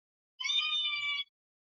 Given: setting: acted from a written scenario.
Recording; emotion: vocal sound without words; elation